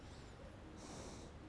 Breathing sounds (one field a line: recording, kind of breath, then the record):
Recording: one breath in and out by a microphone near the nose and mouth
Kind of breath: normal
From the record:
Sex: male